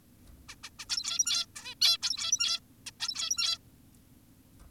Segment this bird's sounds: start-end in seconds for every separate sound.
0.49-0.56, 0.64-0.70, 0.79-0.86, 0.90-1.46, 1.56-1.75, 1.82-1.98, 2.02-2.60, 2.87-2.91, 3.00-3.58